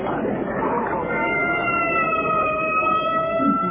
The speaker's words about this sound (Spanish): Mira, Calimán, una ambulancia.